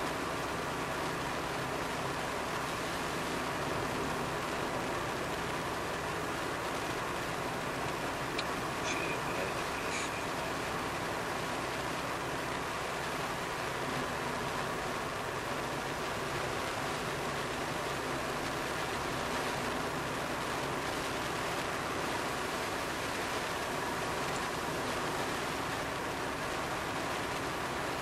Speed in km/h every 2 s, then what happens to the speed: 67, 67, 68, 68, 68, 68, 67, 64, 65, 67, 68, 68, 68, 68.
0-28 steady at about 68.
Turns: none.